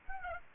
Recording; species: mosquito wingbeat signal from an infrared sensor; Aedes aegypti